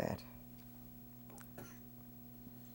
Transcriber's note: coughs